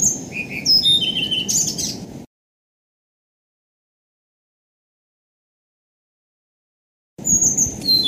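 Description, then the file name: Blue-throated flycatcher song phrase of bright, high whistled notes falling in steps, followed by a pause and a second phrase starting, over a constant low background rumble. "kicau sikatan blue throated. omkicau"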